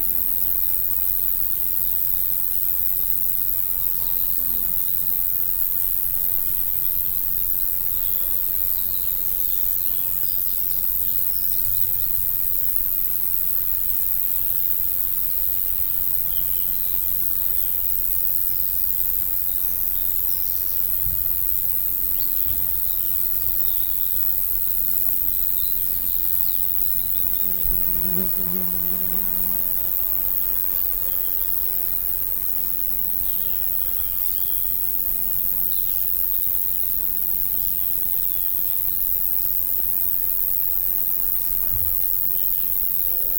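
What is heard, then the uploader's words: A dense, steady chirring of grasshoppers fills the autumn meadow, a high fizzing hiss running through the whole clip. Flies and bees buzz past, with one louder low drone passing near the middle. Faint birdsong is heard. The dreamy sound of the autumn meadow. We're resting on a field gate. The long grass of the field margins rattle with the chirrup of grasshoppers. Recorded by Kevin Parr. Flies and bees buzz. A nuthatch bubbles from the hedgerow.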